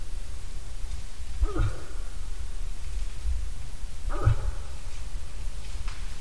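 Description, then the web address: Moose giving two brief, throaty grunts about three seconds apart, each a quick downward-sliding croak over a steady low hum. "hirvi. nisakkaiden-aania-7-osa-hirvi"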